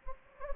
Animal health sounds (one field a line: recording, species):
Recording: mosquito wingbeat signal from an infrared sensor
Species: Anopheles gambiae